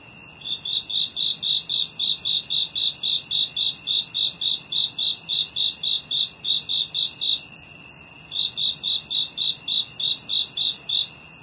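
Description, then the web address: Cricket chirping in long, regular runs of rapid high pulses, over twenty before a short break, then another run, with a continuous shrill insect hum underneath. "SFXSource AOS Crickets Insects"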